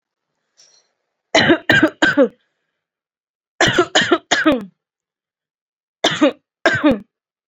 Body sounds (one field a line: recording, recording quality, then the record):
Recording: shallow voluntary cough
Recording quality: excellent, no background noise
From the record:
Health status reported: recovered from COVID-19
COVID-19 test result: negative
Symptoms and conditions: none ticked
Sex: female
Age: 24 years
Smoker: not ticked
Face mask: worn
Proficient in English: yes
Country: India